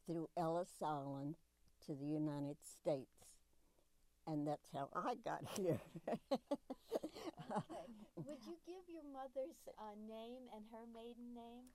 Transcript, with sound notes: through Ellis Island to the United States. And that's how I got here! [Laughs]
Okay, would you give your mother's name, and her maiden name?